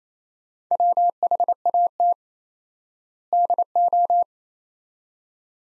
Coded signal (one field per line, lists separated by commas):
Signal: Morse code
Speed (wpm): 27 wpm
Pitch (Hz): 700 Hz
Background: none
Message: WHAT DO